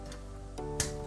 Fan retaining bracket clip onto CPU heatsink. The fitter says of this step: you want to do that and you hear a click just like that it goes right into that hole